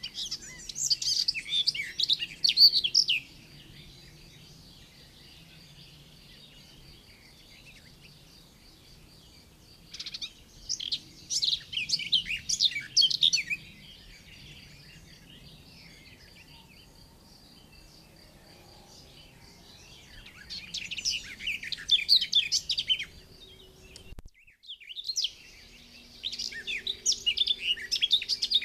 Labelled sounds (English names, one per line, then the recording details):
Garden Warbler song
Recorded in the wild
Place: Kaiserslautern, Rheinland-Pfalz, DE
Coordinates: 49.4247, 7.77889
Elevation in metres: 279
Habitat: garden
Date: 1986-07-15
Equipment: Nagra IV, Sennheiser MKH 815 T
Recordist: Tretzel, Erwin
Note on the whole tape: Garten, Kaiserslautern: Gesang